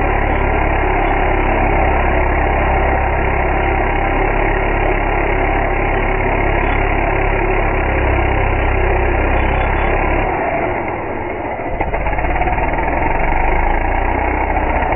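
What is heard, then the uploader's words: A chainsaw engine runs steadily with a dense, rough drone and a strong low rumble, with no high sounds at all. Around ten seconds the low end drops away briefly, then the engine's steady roar returns and continues to the end. Chainsaws. Recorded by Dan Bodah in Dingmans Ferry, PA.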